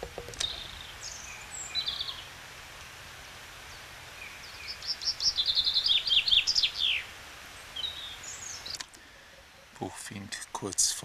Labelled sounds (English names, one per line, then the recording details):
Common Chaffinch song
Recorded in the wild
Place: Oberstdorf, Bayern, DE
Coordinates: 47.3661, 10.3014
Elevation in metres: 923
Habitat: mountains
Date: 1985-04-04
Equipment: Uher 4000 Report
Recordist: Tretzel, Erwin
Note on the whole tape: Bienenhütte am Weg zum Christlessee, Oberstdorf: Gesang